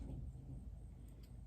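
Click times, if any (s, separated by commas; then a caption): none. A feeding tube extension set's connector is lined up with the marker on a low-profile GJ button port before being pushed in. Only a low, steady rumble is heard, with faint brief high-pitched ticks near 1.1 and 1.25 seconds. Nothing has clicked into place yet.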